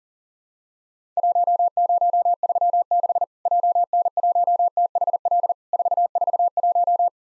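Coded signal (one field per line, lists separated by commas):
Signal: Morse code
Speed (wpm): 40 wpm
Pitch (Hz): 700 Hz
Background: none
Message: 1036 JN1THL 441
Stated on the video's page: Simulated Worked All Europe DX Contest CW QTC exchange practice at 40 wpm, with repeat requests.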